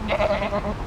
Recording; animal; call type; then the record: contact call of a hoofed animal; goat; low-frequency (closed-mouth) or high-frequency (open-mouth) call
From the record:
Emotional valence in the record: negative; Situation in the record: short social isolation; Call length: 0.87 s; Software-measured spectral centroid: 1620 Hz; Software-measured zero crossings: 1480 a second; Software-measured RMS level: -24 dBFS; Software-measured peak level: -12 dBFS